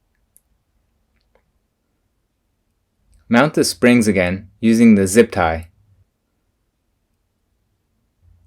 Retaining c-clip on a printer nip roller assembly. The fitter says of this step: ensure that the c-clips click into place and can move freely